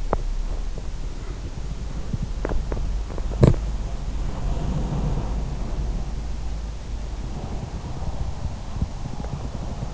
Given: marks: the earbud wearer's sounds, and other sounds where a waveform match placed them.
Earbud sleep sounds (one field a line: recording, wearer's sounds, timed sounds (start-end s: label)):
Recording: sounds in sleep by an in-ear microphone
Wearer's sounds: teeth grinding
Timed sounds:
0.00-3.77 s: teeth grinding